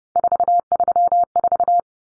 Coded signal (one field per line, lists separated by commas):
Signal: Morse code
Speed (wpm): 30 wpm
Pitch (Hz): 700 Hz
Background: none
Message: 434